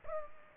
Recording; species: mosquito wingbeat signal from an infrared sensor; Culex pipiens